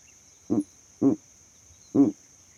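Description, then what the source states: Owl giving three short, deep, raspy hoots, the first two close together and the third after a longer gap, over a quiet background with a faint thin whine. Calls at night.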